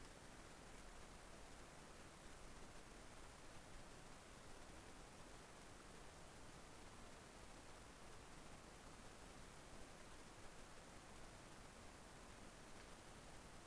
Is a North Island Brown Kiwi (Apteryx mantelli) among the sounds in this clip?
no